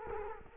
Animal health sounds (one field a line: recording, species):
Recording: mosquito wingbeat signal from an infrared sensor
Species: Culex quinquefasciatus